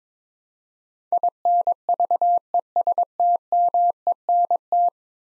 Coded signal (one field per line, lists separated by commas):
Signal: Morse code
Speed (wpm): 21 wpm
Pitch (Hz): 700 Hz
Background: none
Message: INVESTMENT